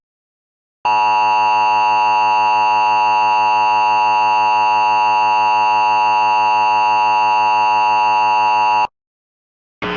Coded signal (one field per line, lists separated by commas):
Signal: Emergency Alert System (SAME) tones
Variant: 853 and 960 Hz attention tone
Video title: EAS 6: AMBER ALERT Rutland VT